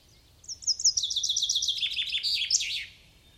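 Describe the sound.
Common chaffinch song: a quick series of repeated chipping notes falling gradually in pitch, ending in an accented twirl; faint low background hum.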